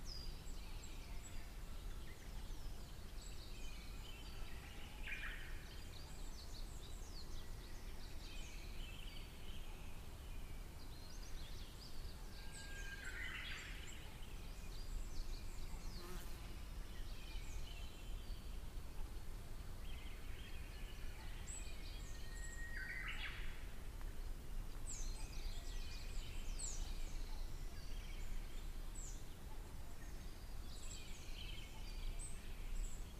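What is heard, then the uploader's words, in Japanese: Early morning on a highland plateau, with birds calling over a steady low rumble of wind or noise. Bright chirping phrases arrive every few seconds, with clearer bursts near 5, 13, 23 and 30 seconds, and a brief sharp click around 16 seconds. 高原の朝。早朝 湯ノ丸高原にて録音。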